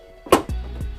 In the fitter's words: Nice click as it went on.